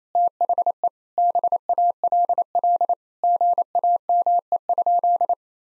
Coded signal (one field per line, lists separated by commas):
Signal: Morse code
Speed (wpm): 27 wpm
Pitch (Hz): 700 Hz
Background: none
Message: THE BALL GAME?